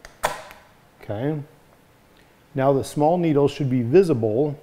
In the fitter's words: use a hard surface and push down until you hear a click okay now